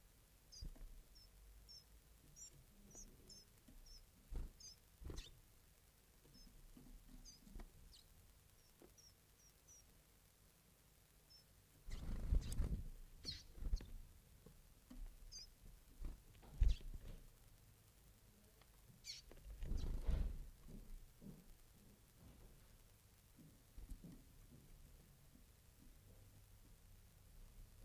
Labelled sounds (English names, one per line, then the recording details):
Western Bonelli's Warbler begging call
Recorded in captivity
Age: juvenile
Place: Zoologisches Institut Universität Tübingen, Baden-Württemberg, DE
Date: 1970-06-28 18:45
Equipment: Nagra III PH, MD211, DP26
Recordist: Killmaier and Stumbrat